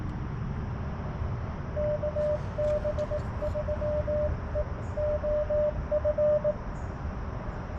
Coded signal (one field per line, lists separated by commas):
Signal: Morse code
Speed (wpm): 18 wpm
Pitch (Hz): 600 Hz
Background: none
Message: KB3EOF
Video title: CW POTA with the Xiegu X6200 and Palm Radio Portable Key